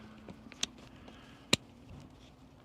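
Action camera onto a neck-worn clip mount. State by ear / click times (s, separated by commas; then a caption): seated / 1.5 s. An action camera is pushed onto a neck-worn clip mount, with a few faint handling taps and a sharper tick near 0.6 s. A single sharp, loud click at 1.5 s marks the clip locking, and the camera is seated on the mount.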